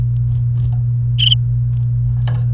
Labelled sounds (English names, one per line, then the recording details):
Domestic Canary song
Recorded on 29 April 2018 at 16:38
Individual llb3